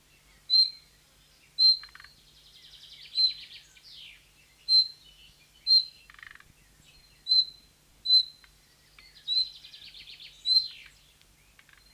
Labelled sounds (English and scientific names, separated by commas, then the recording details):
Thrush Nightingale (Luscinia luscinia) alarm call
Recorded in the wild
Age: adult
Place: Vilmnitz, Insel Rügen, Mecklenburg-Vorpommern, DE
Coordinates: 54.3411, 13.5356
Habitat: briar
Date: 1979-06-21 11:04
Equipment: ITT Schaub-Lorenz Studio Recorder 72, Verstärker, Sennheiser MD 421 HL, Kopie Uher 4200 Report
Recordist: Tembrock, Günter
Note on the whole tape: Am Bodden (dichtes Gebüsch, Hecke am Wegrand, Dornengebüsch, Rosen, Weißdorn): Warnen am Nest